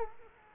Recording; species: mosquito wingbeat signal from an infrared sensor; Culex quinquefasciatus